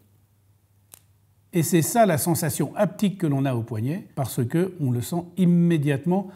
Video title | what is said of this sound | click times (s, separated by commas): La nouvelle montre Richard Mille Rafael Nadal ! 🤯 (RM 35-03) | est évidemment quand on le bloque écoutez le petit clic et | 0.9 s